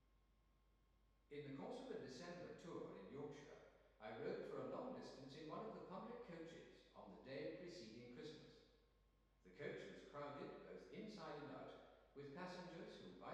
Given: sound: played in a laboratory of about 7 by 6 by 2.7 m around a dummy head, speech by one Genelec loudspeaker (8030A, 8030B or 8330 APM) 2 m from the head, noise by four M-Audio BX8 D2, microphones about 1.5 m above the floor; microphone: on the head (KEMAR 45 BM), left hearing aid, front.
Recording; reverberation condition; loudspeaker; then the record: male speech in English; high; 90 degrees to the right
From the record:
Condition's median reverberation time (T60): about 1300 ms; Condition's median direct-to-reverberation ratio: about -4.0 dB